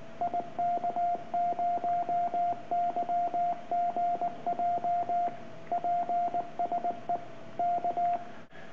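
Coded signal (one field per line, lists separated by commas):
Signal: Morse code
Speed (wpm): 19 wpm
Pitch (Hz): 700 Hz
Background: radio noise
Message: IK0YGJ PSE K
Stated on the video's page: Morse sent on a Begali Intrepid bug being adjusted, tested with the Begali CW Machine.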